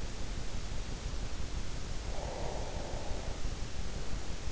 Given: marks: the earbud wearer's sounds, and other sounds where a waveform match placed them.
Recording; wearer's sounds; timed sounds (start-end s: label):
sounds in sleep by an in-ear microphone; breath
1.93-3.52 s: breath